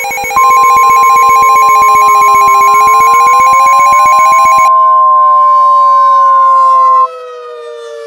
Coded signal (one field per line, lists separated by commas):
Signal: Emergency Alert System (SAME) tones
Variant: 1050 Hz attention tone